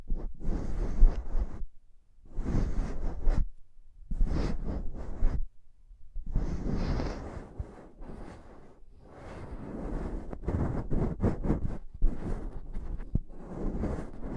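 Intense mic tapping and scratching comes in dense, rough bursts with a deep thud underneath, separated by short silences in the first half. After about eight seconds the scratching turns nearly continuous, with sharp taps breaking through every second or so.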